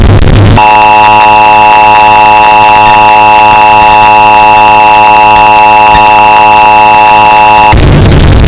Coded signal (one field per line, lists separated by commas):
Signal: Emergency Alert System (SAME) tones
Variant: 853 and 960 Hz attention tone